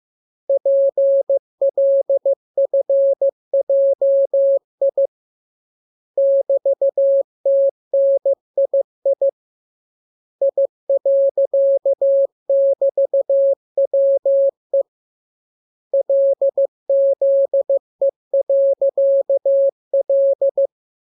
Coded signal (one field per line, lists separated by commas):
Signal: Morse code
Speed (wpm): 15 wpm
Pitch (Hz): 550 Hz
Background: none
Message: PLFJI <BT>TNII I.<BT>WE LZE.L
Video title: Learning Morse Code. Lesson 17. Letter KMURESNAPTLWI.JZ=F